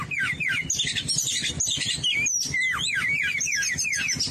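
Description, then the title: Oriental magpie-robin song mixing harsh squawky notes with bright looping whistles, the phrases tumbling quickly one after another for the whole stretch. "Kacer"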